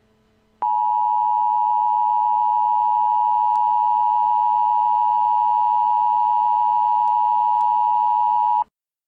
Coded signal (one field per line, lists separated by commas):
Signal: Emergency Alert System (SAME) tones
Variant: 853 and 960 Hz attention tone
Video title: Sneak Peek to EAS Scenario: Chicken Out